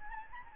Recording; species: mosquito wingbeat signal from an infrared sensor; Anopheles gambiae